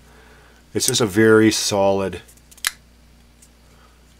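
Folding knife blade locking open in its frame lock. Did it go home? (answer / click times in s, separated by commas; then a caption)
yes / 2.7 s. Someone talks from about 0.7 to 2.2 s as the blade of a Chris Reeve Large Sebenza 21 folding knife is opened again. Its frame lock engages with a loud, sharp metallic click at 2.7 s, and the blade is locked open.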